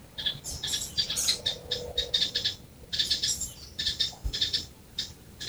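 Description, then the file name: Purple-rumped sunbird calls: bursts of thin, high chirping notes in quick clusters, repeated with short pauses throughout. Recorded at Ezhimala. "Purple-rumped Sunbird (Leptocoma zeylonica) from Ezhimala"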